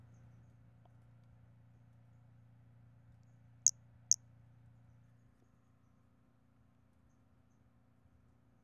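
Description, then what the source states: Pumpkin toadlet gives two quick, piercing high notes close together, otherwise near silence with a low hum that stops partway through. Recorded 5 February 2016.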